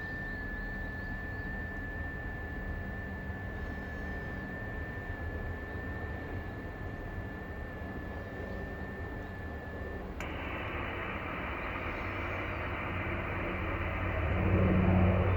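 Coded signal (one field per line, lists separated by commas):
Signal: FT8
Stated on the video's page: FT8 on 20m from Nauru, Pacific Ocean, worked with IC-7600, SPE Expert 1.3K-FA amplifier and hex beam antenna.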